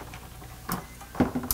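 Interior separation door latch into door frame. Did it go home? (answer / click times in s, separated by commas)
yes / 1.5 s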